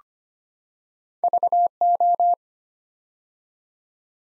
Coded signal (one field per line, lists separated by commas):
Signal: Morse code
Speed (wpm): 25 wpm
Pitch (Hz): 700 Hz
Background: none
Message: VO